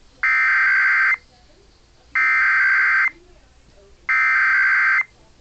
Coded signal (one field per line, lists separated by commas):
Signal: Emergency Alert System (SAME) tones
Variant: header bursts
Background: speech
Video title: Michigan EAS TEST on WKAR-FM 90.5 East Lansing